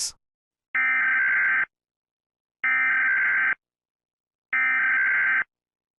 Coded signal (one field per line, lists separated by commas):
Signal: Emergency Alert System (SAME) tones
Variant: header bursts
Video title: EAS Scenario (Part 1 - 2)